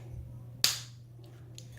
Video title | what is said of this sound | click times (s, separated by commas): Changing koras insulin pump site | it clicks you know that it comes in and then hit the unlock button | 0.6 s